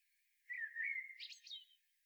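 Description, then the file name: Common blackbird giving a single soft phrase: a low fluting whistle that breaks into a brief squeaky twitter, heard against faint background hiss. "Turdus merula"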